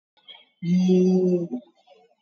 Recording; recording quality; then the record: sustained vowel as in beet; excellent, no background noise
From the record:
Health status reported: COVID-19 positive, mild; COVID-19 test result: positive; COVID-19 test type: RT-PCR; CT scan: taken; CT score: 3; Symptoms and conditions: cough, cold, fatigue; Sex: female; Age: 62 years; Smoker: no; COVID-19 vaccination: both doses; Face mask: worn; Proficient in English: yes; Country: India